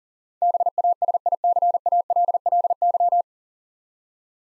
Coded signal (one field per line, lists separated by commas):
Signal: Morse code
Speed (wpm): 42 wpm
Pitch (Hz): 700 Hz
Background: none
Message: BASICALLY